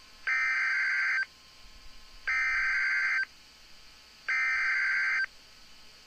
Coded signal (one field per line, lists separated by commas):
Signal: Emergency Alert System (SAME) tones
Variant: header bursts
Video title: Real EAS #341 - Tornado Warning